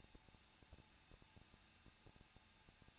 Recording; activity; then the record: daily activity, microphone in the room; no activity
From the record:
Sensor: 2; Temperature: 21.0 degrees Celsius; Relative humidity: 37.5%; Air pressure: 1006.3 hPa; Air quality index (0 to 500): 224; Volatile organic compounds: 25 ppm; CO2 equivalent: 2840 ppm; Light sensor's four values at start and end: 2/3/2/2 and 2/3/2/2